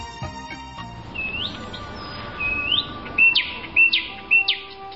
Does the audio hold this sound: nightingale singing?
yes